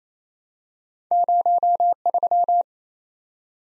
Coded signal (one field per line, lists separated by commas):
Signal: Morse code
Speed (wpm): 28 wpm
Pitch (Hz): 700 Hz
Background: none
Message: 03